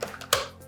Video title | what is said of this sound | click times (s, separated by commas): Verifone MX925 | you feel it click then what you'll need to do is plug in the power cable | 0.3 s